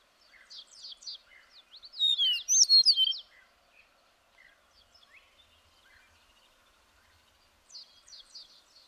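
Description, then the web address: Songbird phrases: short high notes, then a loud dense tangle of rapid twittering slurs, a quieter stretch of scattered chirps, and a final burst of repeated high notes. "birdsong 162"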